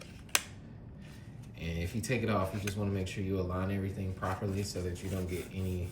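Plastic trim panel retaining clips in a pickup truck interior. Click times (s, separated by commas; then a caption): 0.4 s. The small plastic retaining clips of an interior trim panel in a Ford pickup truck are pressed and pulled up at the same time, giving a sharp little click at 0.4 s as they let go and the panel releases. After a short quiet stretch, someone talks.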